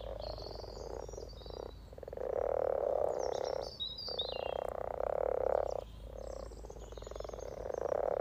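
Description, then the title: Frog chorus, a dense purring croak rolling in overlapping bursts of a second or two with short gaps, faint bird chirps above. Chorus of about 20 frogs in a sunny garden pond, welcoming arriving females to spawn, Freshfield, Formby, Merseyside, UK, sunny spring day, 17 March 2023. "Frog Chorus Spring sounds first Lunch outside St Patrick’s day 17 March 2023 . Freshfield, Formby"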